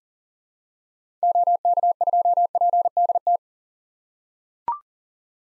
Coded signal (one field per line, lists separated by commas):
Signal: Morse code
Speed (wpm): 40 wpm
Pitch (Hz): 700 Hz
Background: none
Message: OK2PDT